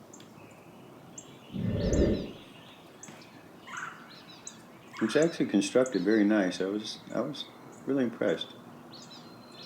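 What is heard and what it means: A plastic hose or wand fitting is handled near its socket on a Suyncll 3800 electric pressure washer, where it is meant to be pushed in until it clicks. Brief handling ticks come at about 0.1, 1.2, 3.0 and 4.5 seconds, with a low thump near 2 seconds, bird chirps, and someone talking. Nothing has seated or clicked yet.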